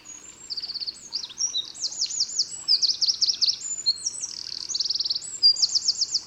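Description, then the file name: Eurasian wren song, a continuous tumbling stream of shrill high trills, rattles and quick down-slurred notes with no pause. "Troglodytes troglodytes"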